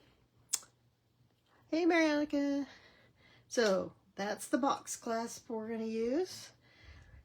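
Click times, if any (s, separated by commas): 0.5 s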